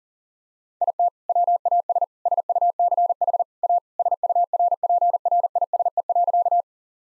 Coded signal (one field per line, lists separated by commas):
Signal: Morse code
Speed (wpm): 37 wpm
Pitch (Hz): 700 Hz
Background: none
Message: IT WAS SUCH A SURPRISE.